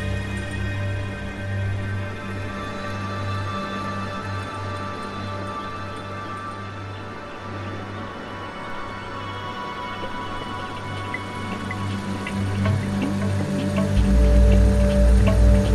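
Ambient music of long, sustained tones and a steady low drone over a dense, rustling wash like wind across countryside. The texture stays even through the middle, then swells louder toward the end, where a deep rumble comes in around fourteen seconds.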